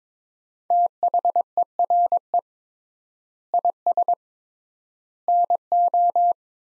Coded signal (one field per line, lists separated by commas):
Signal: Morse code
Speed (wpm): 22 wpm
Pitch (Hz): 700 Hz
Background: none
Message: THERE IS NO